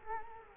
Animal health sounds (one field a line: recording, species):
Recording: mosquito wingbeat signal from an infrared sensor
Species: Culex quinquefasciatus